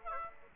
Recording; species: mosquito wingbeat signal from an infrared sensor; Aedes aegypti